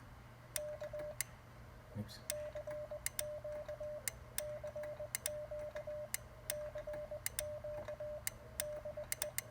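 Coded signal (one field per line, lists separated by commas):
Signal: Morse code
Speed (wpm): 20 wpm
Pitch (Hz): 590 Hz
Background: none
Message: K CQ CQ CQ DE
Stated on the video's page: Station running QRP from a homemade 12V LiFePO4 battery pack.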